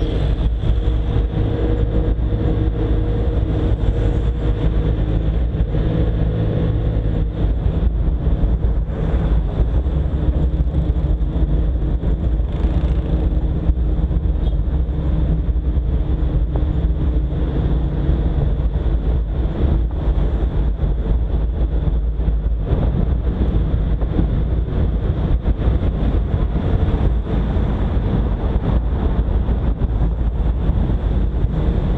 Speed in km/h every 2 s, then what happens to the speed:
37, 39, 41, 53, 45, 45, 44, 52, 85, 82, 76, 80, 65, 70, 72, 73.
0-5 speeds up to 53. 13-16 speeds up to 85. 16-19 slows to 76. 22-24 brakes to 65. 24-32 speeds up to 73.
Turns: none.